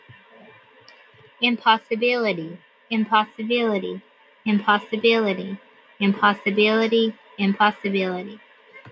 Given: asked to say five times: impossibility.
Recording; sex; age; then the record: repeated word; female; 30 to 39 years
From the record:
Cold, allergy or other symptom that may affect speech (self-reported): no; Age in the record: 30 years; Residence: Tennessee, United States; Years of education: 13